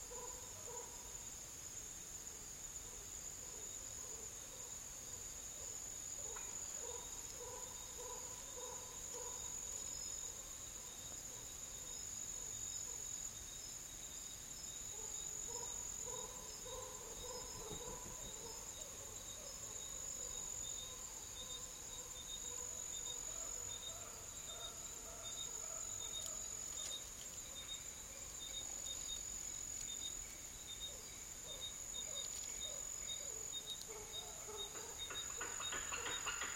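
Dry forest ambience in Madagascar, led by a steady, high insect trill that runs unbroken through the whole recording. Lower pulsing calls, perhaps frogs or birds, come and go in the middle range, with a few brief clicks and chirps scattered throughout.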